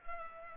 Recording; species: mosquito wingbeat signal from an infrared sensor; Culex pipiens